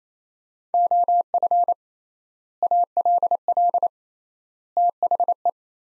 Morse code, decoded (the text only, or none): OF ALL THE